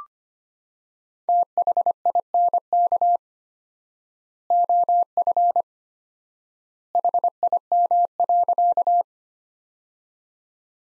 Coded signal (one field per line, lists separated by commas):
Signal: Morse code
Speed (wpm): 25 wpm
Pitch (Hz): 700 Hz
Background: none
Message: THINK OF HIM.